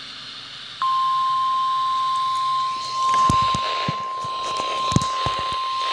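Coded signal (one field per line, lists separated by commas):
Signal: Emergency Alert System (SAME) tones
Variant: 1050 Hz attention tone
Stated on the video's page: Tornado watch and severe thunderstorm warning alerts, including a tornado watch relay on a NOAA weather radio station where the SAME bursts were barely missed.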